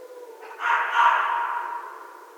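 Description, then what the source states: Red fox uttering a single hoarse, rasping scream, swelling quickly and tailing off slowly against faint hiss. Recorded on 13 January 2012.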